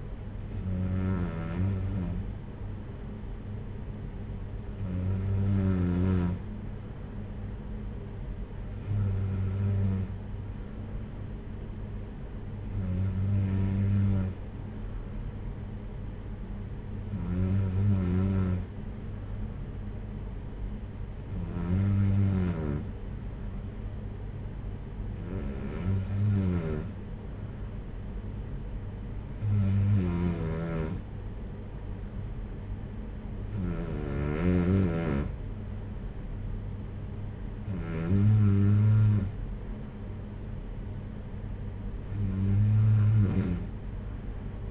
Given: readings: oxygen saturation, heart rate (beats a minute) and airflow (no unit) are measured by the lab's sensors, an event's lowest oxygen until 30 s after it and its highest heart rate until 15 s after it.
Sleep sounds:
breathing in sleep by a smartphone at the bedside; none
none scored
From the record:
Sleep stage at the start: N2 (light sleep); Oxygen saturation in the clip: 93 to 94%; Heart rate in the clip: 55 to 64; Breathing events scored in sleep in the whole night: 226 in 8.8 hours asleep

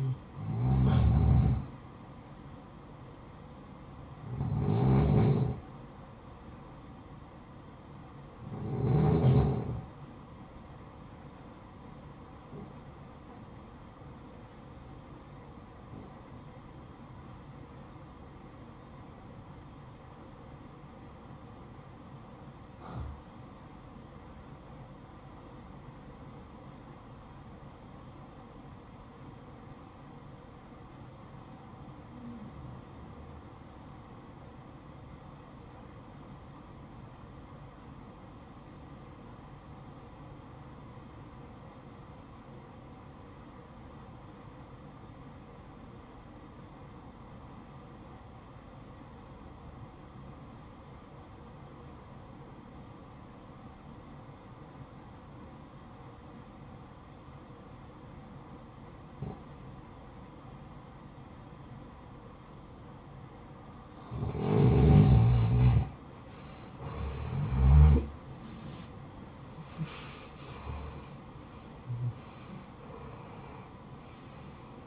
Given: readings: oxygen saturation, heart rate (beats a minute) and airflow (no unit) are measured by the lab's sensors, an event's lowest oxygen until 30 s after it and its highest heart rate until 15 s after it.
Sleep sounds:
breathing in sleep by a smartphone at the bedside; 1
21.00-66.20 s: obstructive apnea (REM, oxygen 94% highest, then 84% lowest, heart rate 58 at the start, 87 highest)
From the record:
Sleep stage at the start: REM sleep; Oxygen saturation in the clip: 79 to 94%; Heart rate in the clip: 47 to 86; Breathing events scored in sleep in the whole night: 573 in 9.8 hours asleep

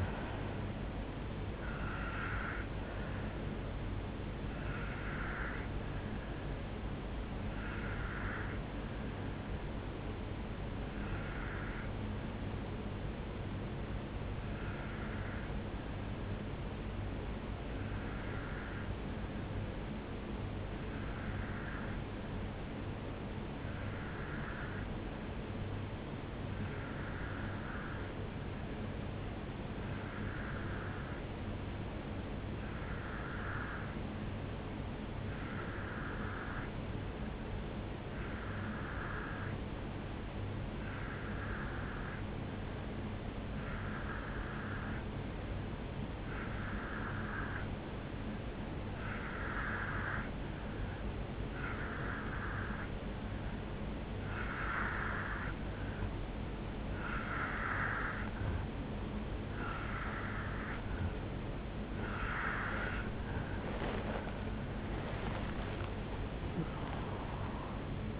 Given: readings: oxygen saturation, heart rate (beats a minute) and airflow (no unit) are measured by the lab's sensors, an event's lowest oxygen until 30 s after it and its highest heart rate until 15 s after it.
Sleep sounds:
breathing in sleep by a voice recorder at the bedside; 1
10.00-55.70 s: obstructive apnea (N1, oxygen 96% highest, then 87% lowest, heart rate 63 at the start, 78 highest)
22.00-52.00 s: new sleep stage, N2 (light sleep)
52.00-68.20 s: new sleep stage, N1 (lightest sleep)
From the record:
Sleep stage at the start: N1 (lightest sleep); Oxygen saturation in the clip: 86 to 96%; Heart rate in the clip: 62 to 77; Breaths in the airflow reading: 5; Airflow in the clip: -8.2 to 7.5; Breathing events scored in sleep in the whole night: 449 in 7.0 hours asleep

